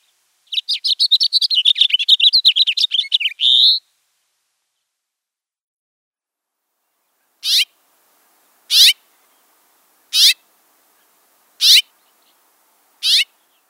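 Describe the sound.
House finch: songbird delivering a long rapid warbling phrase of chirps ending in a buzzy note, then after a pause five sharp high single calls spaced about one and a half seconds apart.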